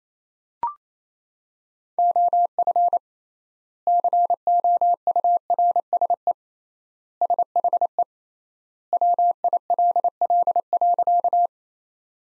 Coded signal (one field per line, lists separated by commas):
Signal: Morse code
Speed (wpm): 28 wpm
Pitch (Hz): 700 Hz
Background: none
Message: OF COURSE SHE WILL.